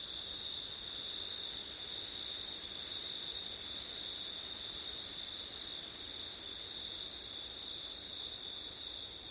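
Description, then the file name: Cricket song as an unbroken shrill chorus, two high bands steady, the upper one briefly faltering a few times. Crickets at night in September, with wind; ORTF microphone setup. "crickets wind september night ortif"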